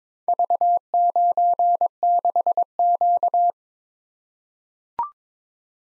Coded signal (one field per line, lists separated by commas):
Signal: Morse code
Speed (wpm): 22 wpm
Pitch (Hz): 700 Hz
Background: none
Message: V96Q